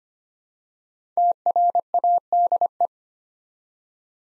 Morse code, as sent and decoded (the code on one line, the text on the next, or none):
- .-. .- -.. .
TRADE